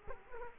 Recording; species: mosquito wingbeat signal from an infrared sensor; Culex quinquefasciatus